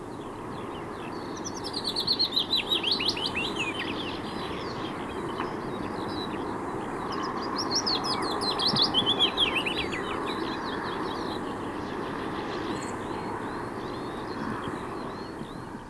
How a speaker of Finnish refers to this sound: Sitten kuuntelemme pajulinnun säettä.